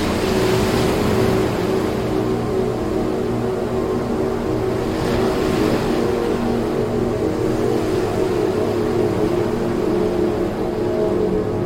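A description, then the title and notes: Waves wash in a steady, dense rush with a low rumbling undertone, swelling slightly near the start and again around five seconds. Soothing Wave Sounds.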